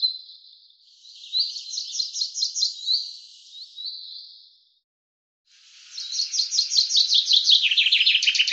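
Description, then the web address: Common chaffinch singing twice: a trilled phrase with a terminal flourish, a pause, then a louder rattling trill falling steadily in pitch. "Deverinetal 2025 File cleaned normalized Bird Fr Co"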